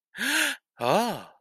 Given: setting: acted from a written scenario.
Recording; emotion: vocal sound without words; realization